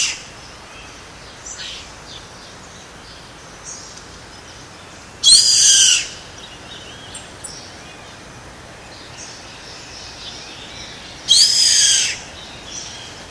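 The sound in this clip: Bird giving two harsh, raspy screeching calls about six seconds apart, with faint high chirps between them over a steady hiss.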